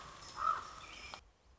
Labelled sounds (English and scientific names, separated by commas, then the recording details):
Common Raven (Corvus corax)
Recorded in Sonoma County, California